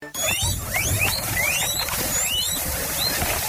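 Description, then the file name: Guinea pig giving thin, rising whistled squeaks, repeated unevenly over steady hissing background noise. "meerschweinchen"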